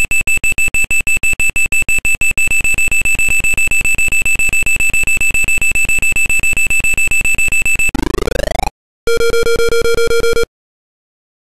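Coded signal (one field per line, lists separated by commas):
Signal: none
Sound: game sound effect beeps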